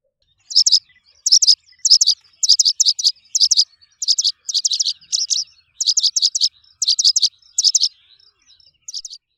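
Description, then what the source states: Paddyfield pipit giving sharp high chirps, often doubled, repeated about once or twice a second against silence. Call given in flight.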